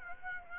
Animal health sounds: mosquito wingbeat signal from an infrared sensor; Aedes aegypti

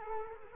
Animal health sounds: mosquito wingbeat signal from an infrared sensor; Culex quinquefasciatus

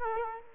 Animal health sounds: mosquito wingbeat signal from an infrared sensor; Culex quinquefasciatus

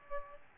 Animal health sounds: mosquito wingbeat signal from an infrared sensor; Aedes albopictus

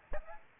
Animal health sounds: mosquito wingbeat signal from an infrared sensor; Aedes albopictus

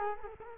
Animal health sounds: mosquito wingbeat signal from an infrared sensor; Culex quinquefasciatus

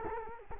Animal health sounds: mosquito wingbeat signal from an infrared sensor; Culex quinquefasciatus

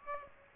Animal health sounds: mosquito wingbeat signal from an infrared sensor; Aedes aegypti

